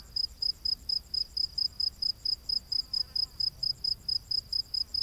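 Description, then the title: Cricket chirping in quick, bright, steady pulses, over a quieter layer of higher insect pulses and low background hum. Diverse crickets chorusing at night in humid, lush rainforest. "Crickets of the Rainforest 🌿. Exotic Insect Orchestra"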